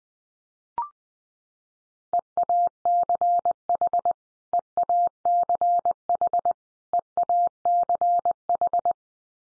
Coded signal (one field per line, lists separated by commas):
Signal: Morse code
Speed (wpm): 20 wpm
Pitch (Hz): 700 Hz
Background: none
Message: EACH EACH EACH